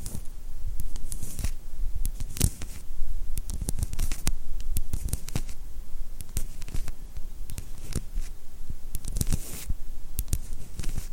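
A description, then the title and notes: Dry tapping and scratching, with sharp clicks every half second or so across the whole stretch, some in quick clusters near the middle and end. Between the taps runs a steady scraping rustle, bright and papery. ASMR 20 minutes of just fixing your hair ~ personal attention, camera tapping & scratching.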